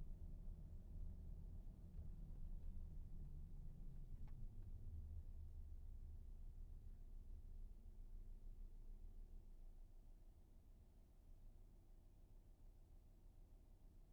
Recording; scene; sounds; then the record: everyday scene through a hearing-aid microphone; in a vehicle; engine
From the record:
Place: VW T5 Caravelle, diesel engine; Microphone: behind the ear, right, front